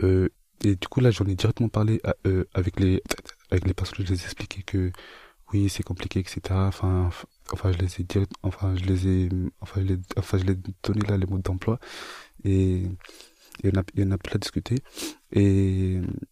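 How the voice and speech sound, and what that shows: A young adult man speaks French with stuttering: he repeats words and phrases, prolongs sounds, and pauses often. He restarts with the filler "enfin" again and again, and his voice is low-pitched.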